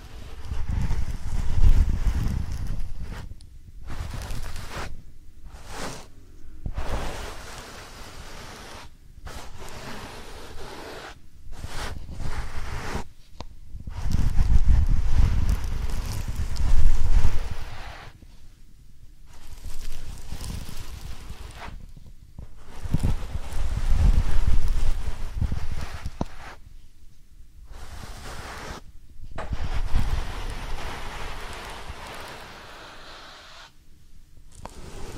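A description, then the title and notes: Soft powder ear massage: gentle rubbing and brushing sounds come in short strokes, broken by frequent brief silences. The rubbing is mostly a low, muffled rumble with a faint hiss above, swelling louder around 15 to 17 seconds and again near 24 seconds. ASMR Real Soft Powder Ear Massage (No Talking).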